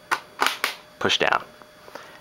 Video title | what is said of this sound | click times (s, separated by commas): Speck SeeThru Satin Review | basically everything snaps into place and we have the bottom part | 0.4 s, 0.6 s